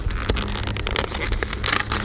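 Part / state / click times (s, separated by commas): hard tabletop onto folding camp table frame pole ends / seated / 0.3 s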